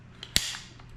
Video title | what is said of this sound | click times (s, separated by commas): How to install led can lights | and it pops loose | 0.4 s